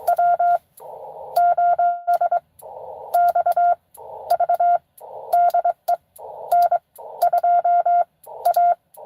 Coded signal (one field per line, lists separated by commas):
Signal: Morse code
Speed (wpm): 22 wpm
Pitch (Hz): 690 Hz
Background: none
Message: WOSXV DE N2A